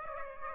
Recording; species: mosquito wingbeat signal from an infrared sensor; Aedes aegypti